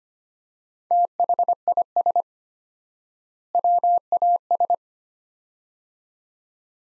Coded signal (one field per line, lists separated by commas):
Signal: Morse code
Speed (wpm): 25 wpm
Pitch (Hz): 700 Hz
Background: none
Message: THIS WAS